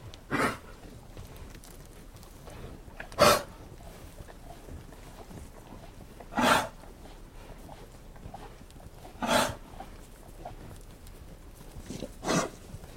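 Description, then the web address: Cows coughing, five loud, raspy bursts arriving roughly every three seconds, with quiet shuffling between them. Several cows coughing while milling about, traffic-free background. "Hollywood Edge Historical Series Traffic Free BG's Coughing Cows Cows Milling In"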